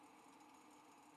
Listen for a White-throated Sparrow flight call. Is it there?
no